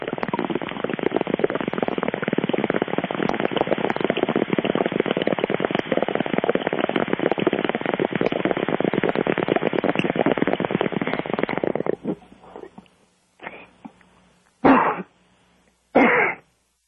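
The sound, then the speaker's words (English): A long, steady stretch of dense gurgling bong bubbling, lasting about twelve seconds, breaks off into a few sharp, loud coughs spaced apart with short quiet gaps between them. “Well, if you could take me out with a big bong hit with extra cough, that'd be all right.”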